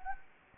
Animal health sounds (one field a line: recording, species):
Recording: mosquito wingbeat signal from an infrared sensor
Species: Anopheles gambiae